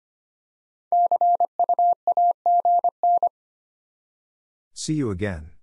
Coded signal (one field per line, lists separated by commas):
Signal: Morse code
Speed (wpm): 25 wpm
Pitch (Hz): 700 Hz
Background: none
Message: CUAGN